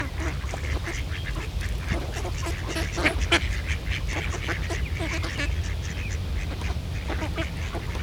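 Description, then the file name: Ducks quacking, a dense run of short harsh calls from several birds overlapping throughout, over a steady low rumble. Several ducks on a pond. "Eenden in een vijver - Sound Cloud - Beeld en Geluid"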